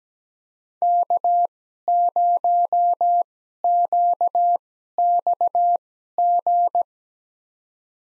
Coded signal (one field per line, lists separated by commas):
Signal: Morse code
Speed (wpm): 17 wpm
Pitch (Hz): 700 Hz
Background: none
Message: K0QXG